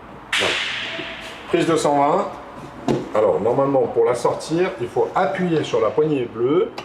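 An exterior storage locker door on a 2025 Pilote P720 FC motorhome is swung shut into its latch. The door latches with a sharp, loud hit at 0.3 s, followed by someone talking.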